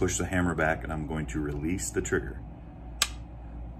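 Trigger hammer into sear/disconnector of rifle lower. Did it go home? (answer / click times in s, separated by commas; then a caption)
yes / 3.0 s. Someone talks while working the trigger on a rifle lower: the trigger is pulled, the hammer is pushed back into the disconnector, and the trigger is released. At 3.0 s a single sharp metallic click sounds as the hammer passes to the sear, which now holds the hammer back.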